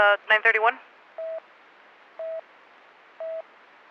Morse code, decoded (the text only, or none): none